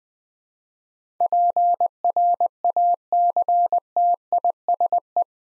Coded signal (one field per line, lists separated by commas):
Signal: Morse code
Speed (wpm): 20 wpm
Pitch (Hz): 700 Hz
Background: none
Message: PRACTISE